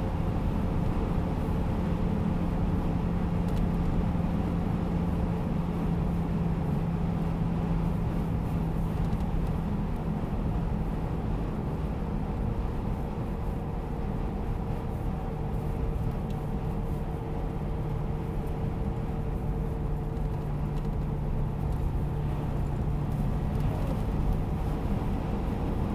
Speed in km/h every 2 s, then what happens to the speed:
95, 95, 94, 91, 89, 87, 85, 83, 82, 82, 79, 81, 85.
0-20 slows to 79. 20-26 speeds up to 85.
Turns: none.